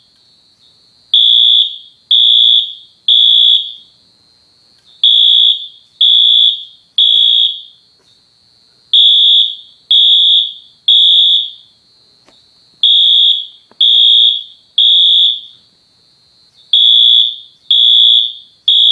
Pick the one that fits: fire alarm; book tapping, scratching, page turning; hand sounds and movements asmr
fire alarm